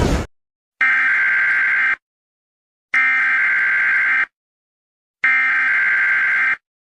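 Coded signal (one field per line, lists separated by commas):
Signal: Emergency Alert System (SAME) tones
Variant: header bursts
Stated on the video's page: Fictional analog-horror EAS scenario about a zombie plague, not a real alert.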